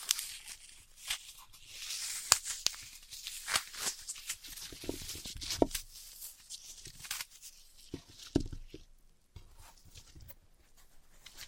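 Floral foam is tapped, cut and crushed, giving dry, crackly scratching with sharp clicks and pops scattered irregularly throughout. The crunching is bright and gritty, coming in dense bursts around the second and fourth seconds, with quieter gaps and a few isolated taps near the end.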